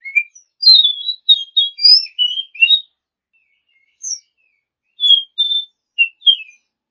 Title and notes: Kicau Burung Kacer Juara. Suara Kicauan Burung Kacer Juara